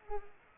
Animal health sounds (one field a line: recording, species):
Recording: mosquito wingbeat signal from an infrared sensor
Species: Culex pipiens